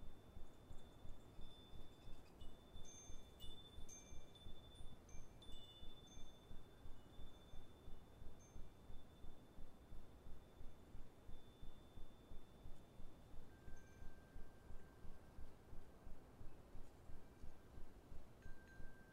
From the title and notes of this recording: Autumn Wind Chimes. Then, we leave you with the sounds of wind chimes in an autumn wind.